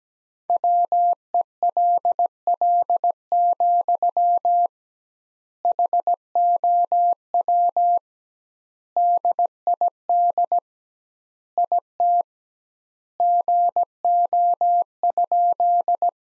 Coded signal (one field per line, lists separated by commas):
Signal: Morse code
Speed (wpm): 17 wpm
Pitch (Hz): 700 Hz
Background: none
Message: WELL, HOW DID IT GO?